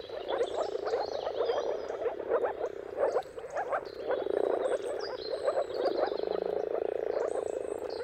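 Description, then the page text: Many moor frogs produce a soft, bubbling chorus without break, while birds chirp and whistle faintly in the background. Moor frogs giving mating calls in a chorus at sunrise, at the turn of March and April, timing depending on the weather. "Dawn’s Chorus: Mating Calls of Marsh Frogs at Sunrise. Depending on the weather at the turn of March and April, you can witness an amazing spectacle of moor frogs. Jakub Orzecki"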